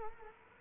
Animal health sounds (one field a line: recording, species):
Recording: mosquito wingbeat signal from an infrared sensor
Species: Culex quinquefasciatus